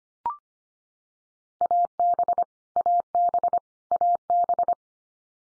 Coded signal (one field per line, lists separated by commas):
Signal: Morse code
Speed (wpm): 25 wpm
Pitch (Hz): 700 Hz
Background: none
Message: AB AB AB